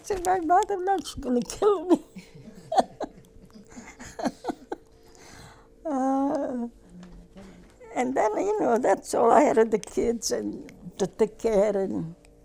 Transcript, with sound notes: I say," My mother know, she gonna kill me." ( she laughs ) Oh. And then, you know, that's all, I had the kids, to take care and